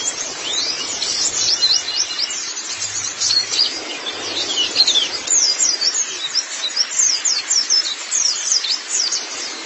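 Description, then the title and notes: White-eye song: sharp, high, sweeping chirps strung into rapid twittering bursts, rising and falling in loudness throughout. Long-duration recording of the chirping song. "Kicauan Burung Pleci Durasi Panjang. Suara kicauan burung pleci"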